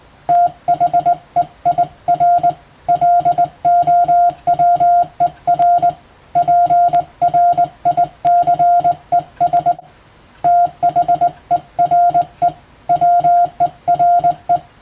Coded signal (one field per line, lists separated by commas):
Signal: Morse code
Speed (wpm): 20 wpm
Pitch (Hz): 700 Hz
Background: none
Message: THEIR LOWER PRICES THERE WERE